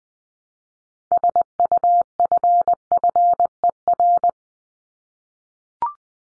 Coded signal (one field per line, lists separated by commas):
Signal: Morse code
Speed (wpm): 20 wpm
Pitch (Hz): 700 Hz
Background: none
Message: SUFFER